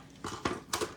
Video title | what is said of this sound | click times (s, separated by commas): container items. 03206439913::::::17:01:2023 | lock हो गया सारे | 0.5 s, 0.7 s